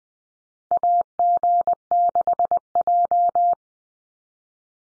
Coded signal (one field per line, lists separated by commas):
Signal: Morse code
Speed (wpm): 20 wpm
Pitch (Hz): 700 Hz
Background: none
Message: AG6J